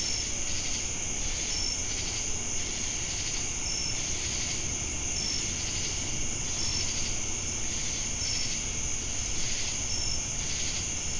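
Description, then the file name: Crickets and cicadas keep up a constant high-pitched buzzing chorus, punctuated by short regular pulses about every one and a half seconds, with a rumbling low background. Crickets heard together with cicadas at Jamestown, North Carolina, on 10 August 2018. "Crickets And Sacadas Jamestown NC August-10-2018"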